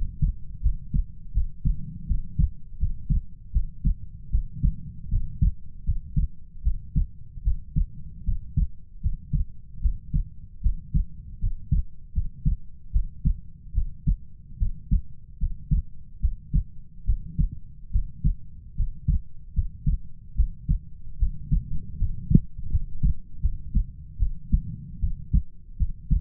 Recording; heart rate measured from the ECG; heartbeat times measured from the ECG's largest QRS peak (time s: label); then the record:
heart sounds by stethoscope; 76 bpm
0.61 s: heartbeat
1.32 s: heartbeat
2.06 s: heartbeat
2.78 s: heartbeat
3.51 s: heartbeat
4.30 s: heartbeat
5.09 s: heartbeat
5.84 s: heartbeat
6.62 s: heartbeat
7.43 s: heartbeat
8.24 s: heartbeat
9.01 s: heartbeat
9.80 s: heartbeat
10.61 s: heartbeat
11.39 s: heartbeat
12.12 s: heartbeat
12.91 s: heartbeat
13.73 s: heartbeat
14.57 s: heartbeat
15.38 s: heartbeat
16.20 s: heartbeat
17.04 s: heartbeat
17.90 s: heartbeat
18.75 s: heartbeat
19.53 s: heartbeat
20.35 s: heartbeat
21.17 s: heartbeat
21.97 s: heartbeat
22.69 s: heartbeat
23.40 s: heartbeat
24.17 s: heartbeat
24.99 s: heartbeat
25.77 s: heartbeat
From the record:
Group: healthy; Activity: rest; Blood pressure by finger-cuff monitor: 95/59 mmHg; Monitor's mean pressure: 73 mmHg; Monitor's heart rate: 76 bpm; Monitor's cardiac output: 7 L/min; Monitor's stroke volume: 90 mL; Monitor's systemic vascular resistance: 760 dyn s/cm5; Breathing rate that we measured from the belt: 18 breaths a minute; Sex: female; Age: 19 years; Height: 163 cm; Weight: 48.9 kg